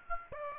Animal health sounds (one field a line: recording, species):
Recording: mosquito wingbeat signal from an infrared sensor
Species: Aedes aegypti